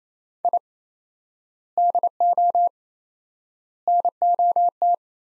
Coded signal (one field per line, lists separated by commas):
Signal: Morse code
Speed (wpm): 27 wpm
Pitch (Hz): 700 Hz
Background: none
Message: I DO NOT